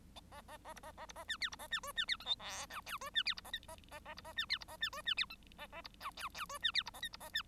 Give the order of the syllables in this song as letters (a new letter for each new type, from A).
A A A B A A B A C D B A C E C D F G H I J E C D B A K A A A B A C D B A C E C D F A A B I J J E C D B A K B A C